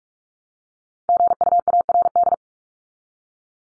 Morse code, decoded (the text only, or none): GUARD